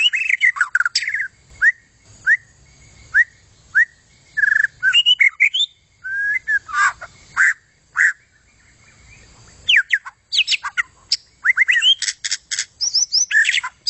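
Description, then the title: White-rumped shama singing a long, varied run of clear whistles, slurred notes and sharp chips, with short pauses between bursts and a busier, faster stretch near the end. "kicau murai batu panjang"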